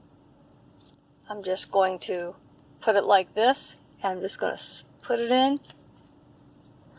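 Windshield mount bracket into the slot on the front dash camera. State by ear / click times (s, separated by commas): not seated / none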